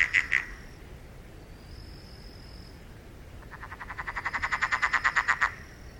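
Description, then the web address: Frog calling: two quick notes, a pause, then a rapid pulsed rattle that grows steadily louder before stopping abruptly. "animal-sound frog-sound"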